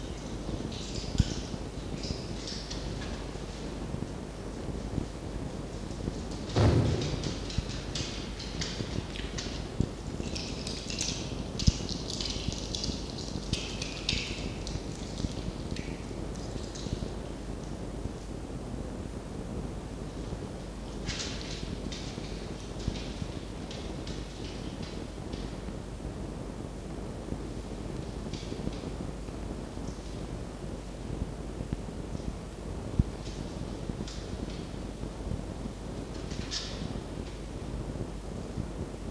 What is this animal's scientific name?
Vulpes vulpes